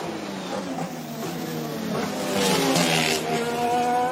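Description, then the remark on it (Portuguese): Formula 1 race car engines at the 2016 Australian Grand Prix rev as cars come onto the track before the start, with a high, buzzing whine that climbs steadily in pitch and grows slightly louder over a few seconds, with no talking. “E nós já vamos já para a largada, já vem carro para a pista.”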